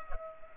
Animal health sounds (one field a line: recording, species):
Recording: mosquito wingbeat signal from an infrared sensor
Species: Culex pipiens